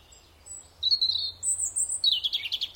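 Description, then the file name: European robin song: a drawn-out thin whistle, then a sustained very high note, ending in a fast jumbled trill. "Erithacus rubecula"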